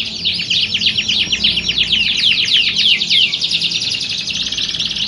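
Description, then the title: Canary song: rapid high trills and downward-sweeping chirps, lively and continuous. Belgian canary song played as a warm-up to get canaries singing, used to simulate a singing contest and train contest canaries' mental readiness. "Canto Para Esquentar Canário Belga. Simulasi Lomba Kenari. Suara Kenari Lomba. Melatih Mental Kenari Juara"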